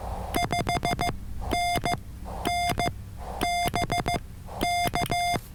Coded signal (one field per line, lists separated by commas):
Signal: Morse code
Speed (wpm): 15 wpm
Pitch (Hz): 700 Hz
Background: none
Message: 5NN BK